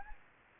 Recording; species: mosquito wingbeat signal from an infrared sensor; Anopheles gambiae